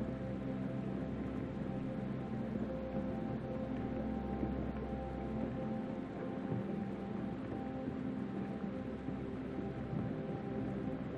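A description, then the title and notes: Soft piano plays slow, sustained chords over a steady, dense hiss of light rain. The notes ring gently in the low and middle range with no sharp attacks, while the rain stays even throughout, with a faint low rumble beneath. A light piano flowing alongside peaceful chord changes underneath a light relaxing rain. Peaceful Piano Music with Rain Sounds.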